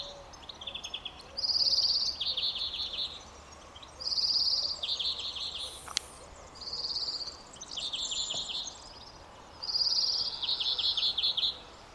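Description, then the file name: European greenfinch giving trilled notes: short, even rattling bursts, high and slightly buzzy, coming in pairs repeated every few seconds over a steady background hiss. "Chloris chloris"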